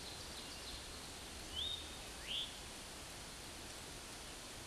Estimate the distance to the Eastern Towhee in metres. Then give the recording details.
about 75 m. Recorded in a Pennsylvania forest on 17 May 2023 at 13:58. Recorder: AudioMoth, point grid1_34_low. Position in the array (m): 134 m, 115 m